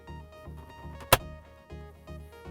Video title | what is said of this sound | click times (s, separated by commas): Subaru Impreza and Subaru Forester: Mount How-To Install | that's opened up you basically just need to push down on the mount until it snaps into that seam once | 1.1 s